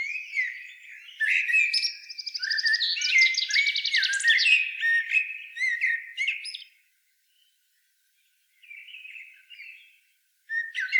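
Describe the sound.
Common blackbird song: a long phrase of warbled notes running into a rapid, rattling series of high squeaky notes, then a quieter soft phrase after a pause.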